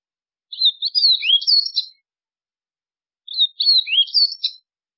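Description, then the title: White-throated seedeater singing two matching phrases of rapid, high chirps and slurred whistles, spaced about three seconds apart in quiet surroundings. "Canto Do Golinha"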